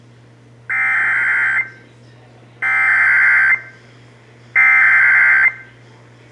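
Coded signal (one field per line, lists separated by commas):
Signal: Emergency Alert System (SAME) tones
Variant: header bursts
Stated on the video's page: Severe thunderstorm warning for Dallas County, aired on an AM radio station.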